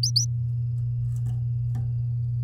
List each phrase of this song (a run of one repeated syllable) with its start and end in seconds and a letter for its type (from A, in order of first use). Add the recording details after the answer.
0.03-0.25 A. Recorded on 10 May 2018 at 12:11. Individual llb16